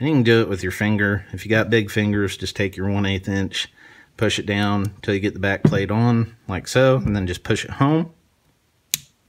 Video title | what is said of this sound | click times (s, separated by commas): SDVE Spring Kit Installation | you'll hear it click in place that's the striker sleeve | 8.9 s